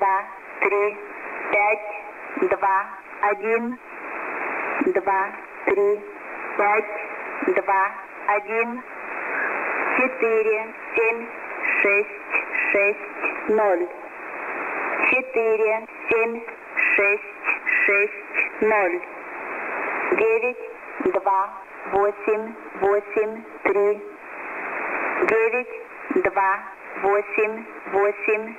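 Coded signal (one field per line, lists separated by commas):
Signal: numbers station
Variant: S06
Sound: voice over shortwave reading short words in steady rhythm, with radio hiss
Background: radio static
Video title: Numbers Station 9 135 Khz S06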